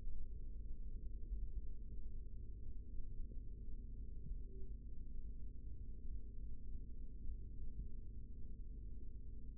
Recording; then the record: forearm muscle sounds (acoustic myography)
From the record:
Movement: rest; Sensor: system 3, bracelet of six PUI Audio POM-2738L microphones around the upper forearm, with dedicated amplification and filtering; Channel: 3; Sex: male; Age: 25 years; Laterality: right